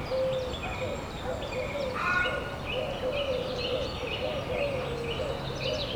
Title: Bellegarde-Sainte-Marie, France - the henhouse of the abbey. abbaye sainte marie du désert le poulailler